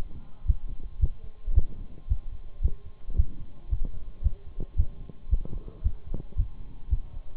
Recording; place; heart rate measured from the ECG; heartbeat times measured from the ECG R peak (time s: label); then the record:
heart sounds by stethoscope; between the tricuspid and mitral areas; 112 bpm
0.47 s: heartbeat
1.01 s: heartbeat
1.56 s: heartbeat
2.09 s: heartbeat
2.63 s: heartbeat
3.17 s: heartbeat
3.70 s: heartbeat
4.24 s: heartbeat
4.77 s: heartbeat
5.31 s: heartbeat
5.84 s: heartbeat
6.37 s: heartbeat
6.90 s: heartbeat
From the record:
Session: Bruce protocol treadmill stress test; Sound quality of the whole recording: partially saturated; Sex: male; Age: 23 years